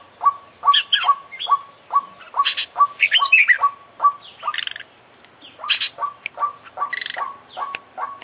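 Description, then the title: Oriental magpie-robin song: rapid, steady series of short clipped notes, overlaid by varied higher chirps and squeaky trills in a busy, chattering stretch. Indonesian songbird-hobby recording of an international champion contest bird, full 'isian' song repertoire, bird described as 'gacor' (singing actively). "Kicau Mania - Full Isian Juara Internasional Burung KACER Gacor"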